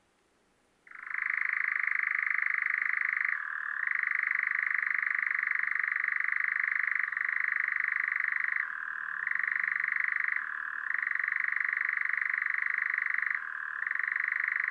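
A European nightjar churrs in a continuous, mid-pitched trill from about one second onward, with brief pitch drops every few seconds.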